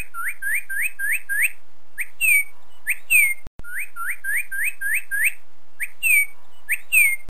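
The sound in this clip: Bird calls: quick runs of rising whistled chirps alternating with clear downslurred whistles, the whole pattern looping twice with a brief break midway.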